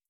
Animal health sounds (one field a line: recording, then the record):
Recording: hydrophone in a shrimp aquaculture tank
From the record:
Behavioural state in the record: starved